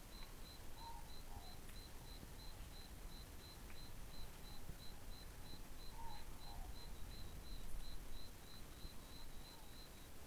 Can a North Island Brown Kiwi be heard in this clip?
no